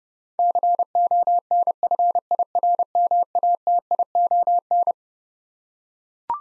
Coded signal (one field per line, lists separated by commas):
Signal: Morse code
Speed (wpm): 30 wpm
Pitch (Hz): 700 Hz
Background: none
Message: CONFIRMATION